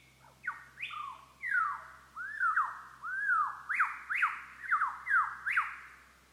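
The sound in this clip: Lyrebird song: strong, ringing whistles that rise and fall, repeated in a rolling series.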